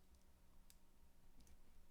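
A loose plastic piece that had kept popping off is pressed into the leg assembly of an RG Exia Repair II plastic model kit. A single small, sharp click sounds at 0.7 s, and the piece pops into place, seated.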